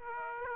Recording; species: mosquito wingbeat signal from an infrared sensor; Aedes aegypti